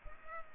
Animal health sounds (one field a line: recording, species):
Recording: mosquito wingbeat signal from an infrared sensor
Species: Culex pipiens